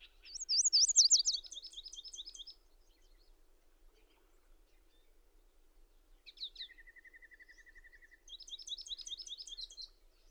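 Bird song: a bright zigzag trill leading into a rapid repeated-note phrase, then a steady lower rattle and another high trilled phrase near the end.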